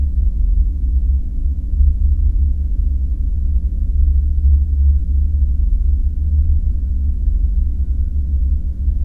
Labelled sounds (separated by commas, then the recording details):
machinery, flare stack
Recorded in the Prudhoe Bay oil fields, Alaska, on 5 September 2019 at 01:12
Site 14